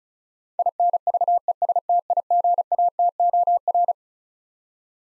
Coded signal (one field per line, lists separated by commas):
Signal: Morse code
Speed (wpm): 36 wpm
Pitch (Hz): 700 Hz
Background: none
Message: INVESTIGATOR